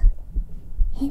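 A pounding adult heartbeat heard close up through a black 3Dio binaural microphone during a hug: low thudding beats.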